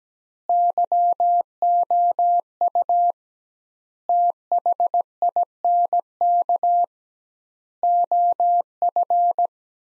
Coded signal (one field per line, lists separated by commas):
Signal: Morse code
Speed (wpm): 17 wpm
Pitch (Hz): 700 Hz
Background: none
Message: YOU THINK OF